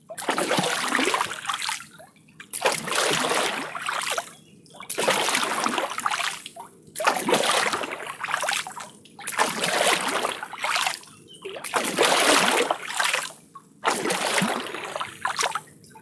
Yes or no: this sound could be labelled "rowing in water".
yes